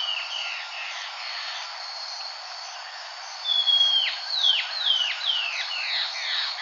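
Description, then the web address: Bird calls: a long bright whistle, then a rapid run of descending slurred notes that grow louder, against steady high-pitched background noise. "BIRD 2015 SABIOD 50 bird 2015"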